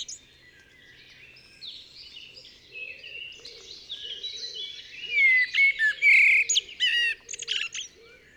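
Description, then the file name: Common blackbird song: a fluty whistled phrase ending in a squeaky twitter in the second half, over soft background twittering. "Turdus merula"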